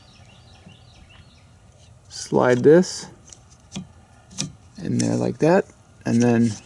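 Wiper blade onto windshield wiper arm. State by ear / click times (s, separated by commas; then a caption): not seated / none. A driver-side OEM wiper blade for a 9th-generation Honda Accord is slid onto the hook of the windshield wiper arm while someone talks, with a few brief taps and scrapes of handling between the words. Nothing has clicked or locked into place yet; the blade is not yet seated on the arm.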